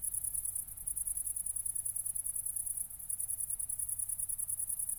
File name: City Country Me Brandenburg Kirchmoeser Nordring Grillen 201408040053